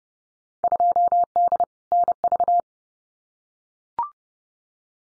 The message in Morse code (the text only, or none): 2D NV